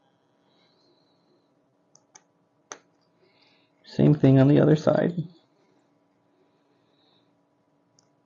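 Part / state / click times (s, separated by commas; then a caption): studded plastic brick pieces into toy window frame holes / not seated / none. Studded plastic brick pieces from the 1991 LEGO 6541 Intercoastal Seaport set are handled on the other side of the ship, ready to be pushed into the holes on the bottom of the windows, where their studs let them snap in. Faint handling taps come at about 2.0, 2.2 and 2.7 seconds and again near 8.0 seconds, and someone talks briefly in the middle. Nothing has seated or clicked into place yet.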